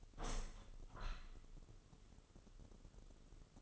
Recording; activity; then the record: daily activity, microphone in the room; open window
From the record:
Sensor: 4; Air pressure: 996.5 hPa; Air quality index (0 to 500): 88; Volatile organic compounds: 4 ppm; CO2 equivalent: 1695 ppm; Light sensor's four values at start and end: 20/53/20/22 and 20/54/21/22